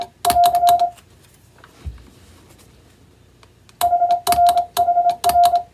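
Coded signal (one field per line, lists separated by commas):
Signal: Morse code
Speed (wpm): 26 wpm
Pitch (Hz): 700 Hz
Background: none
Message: <AR> HRHR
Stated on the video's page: Hand-sent CW on an electronic keyer rather than software, sending plain-language telegram practice text for receiving practice.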